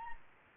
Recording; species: mosquito wingbeat signal from an infrared sensor; Aedes albopictus